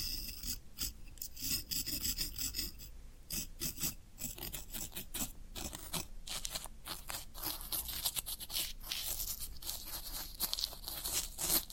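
Floral foam is rubbed and crumbled in a dense, continuous stream of dry, gritty scraping and rasping. Short bright crackles and scratches come in quick, uneven bursts throughout the twelve seconds, with a steady faint low hum underneath.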